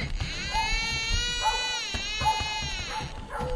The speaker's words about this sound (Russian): Вдруг тишину ночи нарушил крик ребенка.